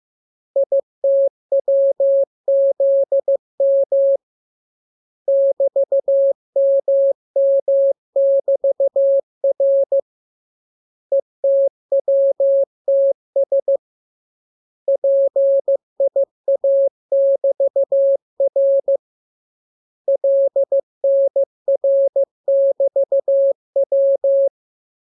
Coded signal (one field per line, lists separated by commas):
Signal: Morse code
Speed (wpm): 15 wpm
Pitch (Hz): 550 Hz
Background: none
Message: ITWZM <BT>MM<BT>R ETWTS PIA<BT>R LNR<BT>W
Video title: Learning Morse Code. Lesson 16. Letter KMURESNAPTLWI.JZ=